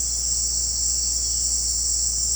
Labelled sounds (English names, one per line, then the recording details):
none
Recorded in secondary vegetation near Puerto Asís, Putumayo, Colombia, on 9 March 2025 at 18:00
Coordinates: 0.484, -76.319
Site G010